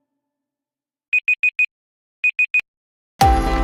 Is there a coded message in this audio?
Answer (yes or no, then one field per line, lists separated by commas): no